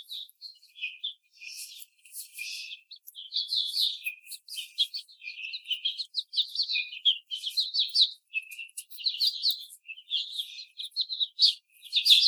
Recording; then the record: young laying hens in a cage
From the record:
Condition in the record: treatment cage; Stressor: simulated dog barking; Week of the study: 5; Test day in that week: 1